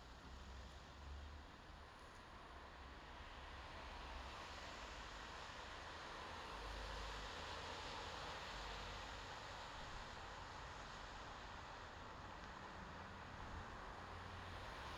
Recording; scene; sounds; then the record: everyday scene through a hearing-aid microphone; in traffic; traffic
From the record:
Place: bus stop on a city main road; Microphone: in the ear canal, left